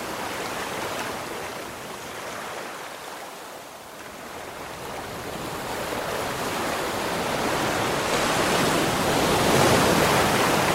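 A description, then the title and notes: Heavy surf rolls onto a beach in a dense, hissing wash of water. The roar eases briefly around the fourth second, then swells steadily into a loud, bright crash of breaking waves near the end, close by and continuous throughout. Heavy Surf at the Beach. The waves crash onto the beach.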